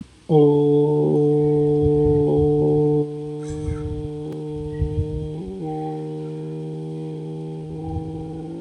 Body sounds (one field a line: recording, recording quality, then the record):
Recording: sustained vowel as in boot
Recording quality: excellent, no background noise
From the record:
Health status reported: healthy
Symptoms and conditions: none ticked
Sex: male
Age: 27 years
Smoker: yes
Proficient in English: yes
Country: India